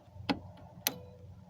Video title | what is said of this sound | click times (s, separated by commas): How To, Quick And Easy, AC Recharge On A Car (2001 Toyota Rav4) | that and then connect it on click into place you can push that down then | 0.3 s, 0.9 s